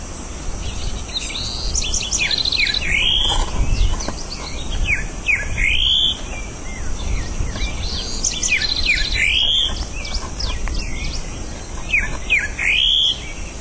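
Greyish saltator repeating short slurred whistled phrases at intervals, over constant low rumbling noise.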